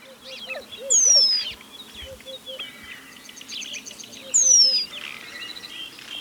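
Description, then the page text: White-crowned penduline tit calls: two sharp, thin descending whistles about three and a half seconds apart over a busy chorus of chattering and piping birds. "White-Crowned Penduline Tit Call. Quick Sounds"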